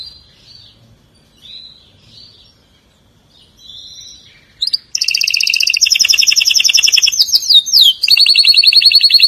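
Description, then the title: Canary song: quiet, thin warbles for five seconds, then loud rapid trills and rolling repeated notes run to the end. "Kenari"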